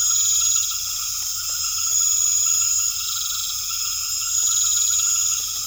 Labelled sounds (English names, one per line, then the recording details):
none
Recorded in secondary vegetation near Puerto Asís, Putumayo, Colombia, on 28 February 2025 at 20:00
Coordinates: 0.500, -76.326
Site GP04